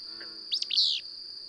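Bird chirp phrase: a quick cluster of high, sharp notes ending in a longer bright chirp, over a constant shrill tone.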